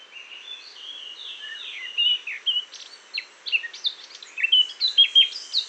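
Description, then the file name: Eurasian blackcap song: continuous mellow warbling that starts softly and grows louder and more varied, with quick fluty notes tumbling together toward the end. "Sylvia atricapilla"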